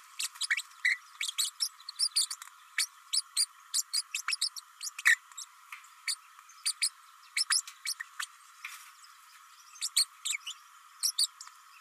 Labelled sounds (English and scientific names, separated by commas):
Green-rumped Parrotlet (Forpus passerinus) babbling